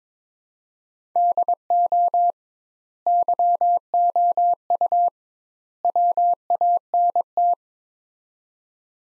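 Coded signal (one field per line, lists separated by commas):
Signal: Morse code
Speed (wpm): 22 wpm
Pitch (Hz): 700 Hz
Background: none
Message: DO YOU WANT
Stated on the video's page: Morse practice of three-word sets at 22 wpm with 2x word spacing, a Farnsworth-like method applied to words, each sent then spoken.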